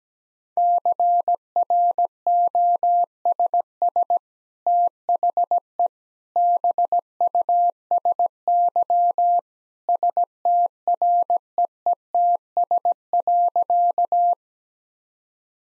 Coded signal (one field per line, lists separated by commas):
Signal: Morse code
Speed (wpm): 17 wpm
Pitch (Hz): 700 Hz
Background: none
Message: CROSS THE BUSY STREETS.